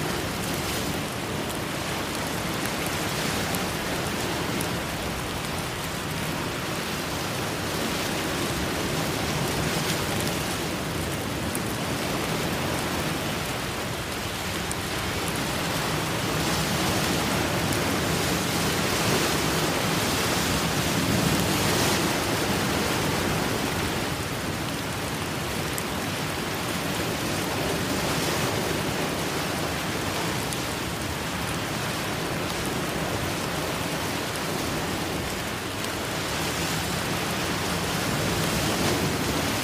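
Steady, dense rain hisses across the whole clip at close range, with a low rumbling undertone that swells gently and never breaks into distinct events.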